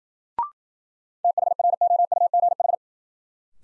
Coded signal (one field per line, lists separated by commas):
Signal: Morse code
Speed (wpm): 53 wpm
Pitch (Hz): 700 Hz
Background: none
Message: THROUGH